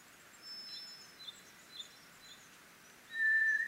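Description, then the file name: White's thrush: after a few thin chirps from small birds, a White's thrush delivers one loud, level, drawn-out whistle at the end. Recorded 24 April 2010 at 04:32. "toratugumi - 20100424-0432"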